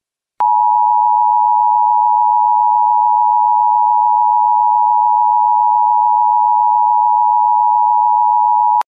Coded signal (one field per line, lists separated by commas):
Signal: Emergency Alert System (SAME) tones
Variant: 853 and 960 Hz attention tone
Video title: eas and eas and eas